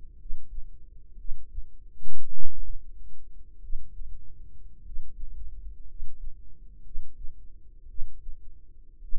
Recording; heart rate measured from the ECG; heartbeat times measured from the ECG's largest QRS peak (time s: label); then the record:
heart sounds by microphone in the right ear; 54 bpm
0.14 s: heartbeat
1.14 s: heartbeat
2.28 s: heartbeat
3.58 s: heartbeat
4.80 s: heartbeat
5.83 s: heartbeat
6.80 s: heartbeat
7.85 s: heartbeat
8.98 s: heartbeat
From the record:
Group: healthy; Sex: male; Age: 25 years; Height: 170 cm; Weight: 70.4 kg